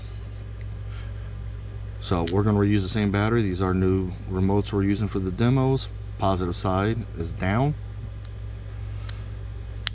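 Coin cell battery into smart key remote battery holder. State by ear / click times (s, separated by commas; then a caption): seated / 9.9 s. Someone talks while a reused coin cell battery is pressed, positive side down, into the battery holder of a 2018 Jeep Compass 5-button smart key remote over a steady low hum. A sharp snap at 9.9 s marks the battery seating in its holder.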